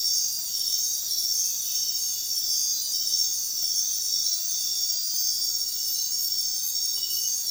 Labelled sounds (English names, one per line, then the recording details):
none
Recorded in dense forest near Puerto Asís, Putumayo, Colombia, on 20 February 2024 at 03:00
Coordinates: 0.466, -76.327
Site G6413